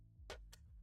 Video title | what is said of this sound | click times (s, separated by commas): The Thursday Build Show - E376 - Lets Build a PC for Brenden | until you hear it click you may have to push down evenly front and back until you hear it | 0.3 s